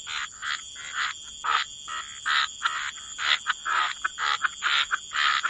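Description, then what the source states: Frogs giving harsh croaking calls in rapid, uneven bursts about twice a second, with a steady high hum behind. Frog chorus.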